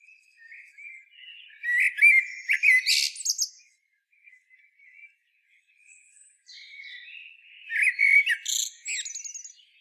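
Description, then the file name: Common blackbird singing two phrases, each a soft warble running into a loud, squeaky, high-pitched twitter, with a quiet gap between them. "Turdus merula"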